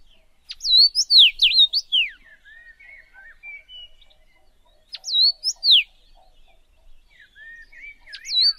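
Common rosefinch giving bright, swooping whistled notes in two loud bursts about four seconds apart, with softer twittering between them and a third burst starting at the end.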